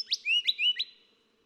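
Golden whistler song fragment of three or four sharp upswept notes joined by short clear whistles, rapid and ringing.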